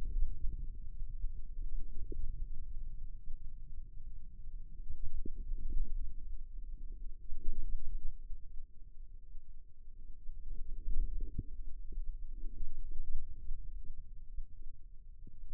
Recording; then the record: forearm muscle sounds (acoustic myography)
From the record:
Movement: radial deviation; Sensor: system 2, bracelet of six BSWA MPA416 microphones around the upper forearm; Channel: 6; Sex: female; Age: 25 years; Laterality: right